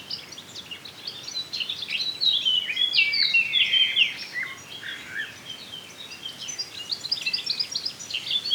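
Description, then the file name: Eurasian blackcap song: a rich, fast warbling phrase of varied chirps and short whistles, loudest in the middle, with softer twittering before and after. "Sylvia atricapilla"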